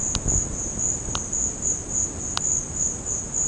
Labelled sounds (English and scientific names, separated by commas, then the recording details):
none
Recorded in secondary vegetation near Puerto Asís, Putumayo, Colombia, on 9 March 2025 at 15:30
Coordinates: 0.481, -76.318
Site G097